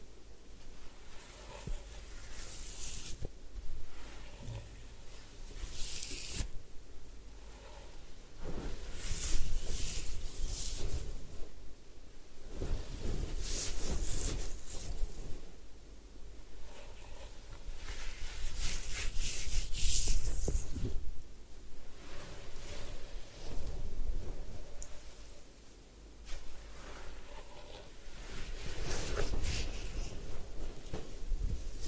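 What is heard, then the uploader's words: A head spa hair wash with massage, heard as wet rubbing, scrubbing and splashing that swells and fades in bursts. Louder gushes of water come around 9, 14–15, 20 and 29 seconds, with quieter gaps between, especially near 25 seconds. Head Spa Hair Wash, Massage, Ear Cleaning.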